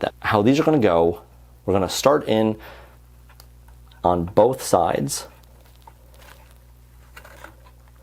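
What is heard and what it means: Someone talks while a DDR4 memory module is set evenly into a motherboard DIMM slot, lined up but not yet pressed down. Faint handling taps and small clicks are heard in the quieter stretches, but the module has not seated or clicked in yet.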